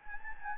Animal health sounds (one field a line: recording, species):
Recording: mosquito wingbeat signal from an infrared sensor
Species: Anopheles gambiae